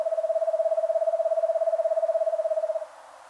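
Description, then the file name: Eastern screech owl giving a steady, even trill on one pitch, lasting nearly three seconds with rapid regular pulses, then quiet background. "Eastern Screech Owl Megascops asio"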